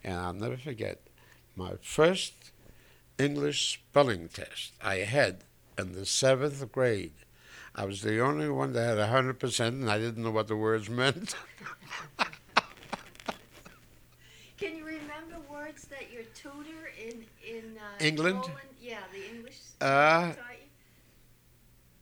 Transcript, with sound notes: And I'll never forget, my first English spelling test I had, in the seventh grade. I was the only one that had a hundred percent, and I didn't know what the words meant. (he laughs)
Can you remember words that your tutor in Poland...
England?
Yeah, the English guy who taught you?